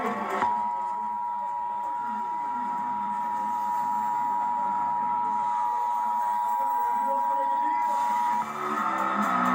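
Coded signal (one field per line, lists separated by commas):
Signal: Emergency Alert System (SAME) tones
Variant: 853 and 960 Hz attention tone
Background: speech, music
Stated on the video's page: Iowa EAS Required Monthly Test originated from an AM station and relayed on all Iowa radio and TV stations.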